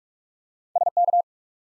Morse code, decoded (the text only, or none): S K